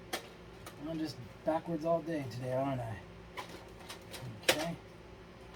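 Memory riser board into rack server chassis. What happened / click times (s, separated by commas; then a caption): The board is being handled and is not yet seated / none. A memory riser board is handled at the guide rails of a Dell PowerEdge R910 rack server chassis while someone talks, with short ticks and clacks near 0.7, 3.9 and 4.5 s. The clip ends before the riser goes home, so nothing has seated or clicked yet.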